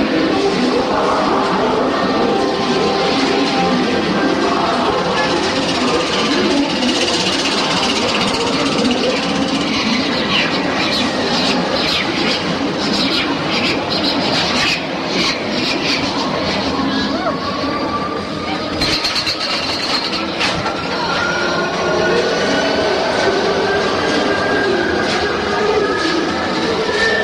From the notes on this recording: a trip to Disneyland